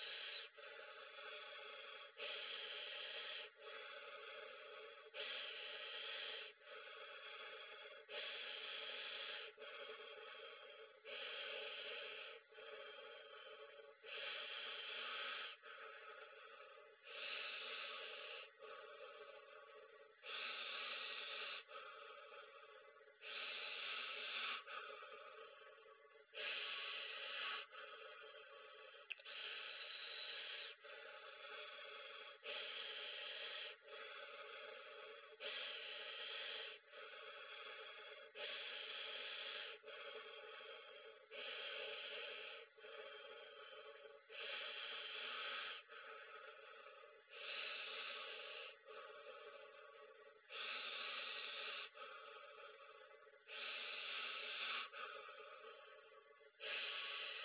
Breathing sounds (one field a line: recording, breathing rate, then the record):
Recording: paced breathing near a phone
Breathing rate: 20 breaths a minute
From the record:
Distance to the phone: 40 cm